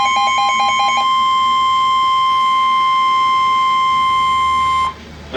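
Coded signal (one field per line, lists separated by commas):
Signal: Emergency Alert System (SAME) tones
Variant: 1050 Hz attention tone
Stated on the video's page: Real EAS alerts including tornado warnings received during enhanced risk severe weather days.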